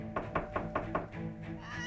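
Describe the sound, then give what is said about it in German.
Herr Multimann knocks on Frau Maybach's door: five quick, evenly spaced knocks in a steady rhythm, each a dull, solid thump, followed by a short stretch of quieter sound. “Ah, Herr Multimann, kommen Sie rein, die Tür ist offen.”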